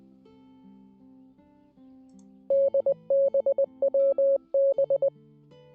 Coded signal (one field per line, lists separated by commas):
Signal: Morse code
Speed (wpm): 20 wpm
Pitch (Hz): 550 Hz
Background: music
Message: DBWB